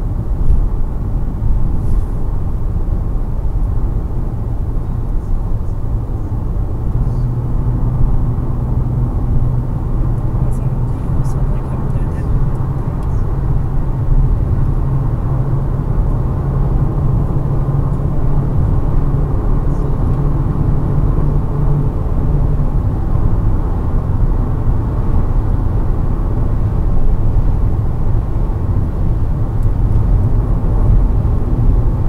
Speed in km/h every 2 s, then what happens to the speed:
112, 114, 115, 117, 121, 125, 129, 132, 135, 138, 140, 142, 143, 144, 146, 147.
0-32 speeds up to 147.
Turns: none.